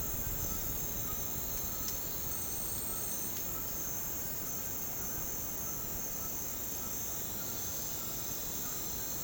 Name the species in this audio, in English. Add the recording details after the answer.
White-throated Toucan, Silvered Antbird. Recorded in dense forest near Puerto Asís, Putumayo, Colombia, on 22 June 2025 at 09:00. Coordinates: 0.486, -76.317. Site G065